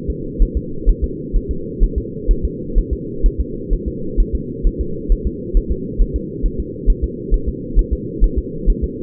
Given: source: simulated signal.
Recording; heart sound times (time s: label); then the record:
fetal heart sounds
0.10 s: S2
0.42 s: S1
0.57 s: S2
0.89 s: S1
1.04 s: S2
1.36 s: S1
1.51 s: S2
1.83 s: S1
1.98 s: S2
2.31 s: S1
2.45 s: S2
2.78 s: S1
2.93 s: S2
3.26 s: S1
3.40 s: S2
3.73 s: S1
3.88 s: S2
4.20 s: S1
4.35 s: S2
4.67 s: S1
4.81 s: S2
5.12 s: S1
5.27 s: S2
5.57 s: S1
5.72 s: S2
6.02 s: S1
6.16 s: S2
6.46 s: S1
6.60 s: S2
6.90 s: S1
7.04 s: S2
7.34 s: S1
7.48 s: S2
7.79 s: S1
7.93 s: S2
8.24 s: S1
8.38 s: S2
8.70 s: S1
8.84 s: S2
From the record:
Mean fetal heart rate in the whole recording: 130 bpm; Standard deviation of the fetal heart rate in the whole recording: 4 bpm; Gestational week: 38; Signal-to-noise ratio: -4.3 dB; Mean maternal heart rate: 72 bpm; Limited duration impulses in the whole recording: absent